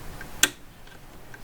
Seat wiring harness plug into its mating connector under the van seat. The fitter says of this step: for the right way to go in so if it doesn't fit just keep turning the plug until it clicks in so that one's in and